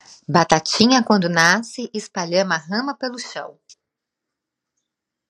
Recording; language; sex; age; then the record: short text; Brazilian Portuguese; female; 40 to 49 years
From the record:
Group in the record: control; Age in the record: 46 years